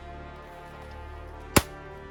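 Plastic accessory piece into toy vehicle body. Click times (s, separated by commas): 1.6 s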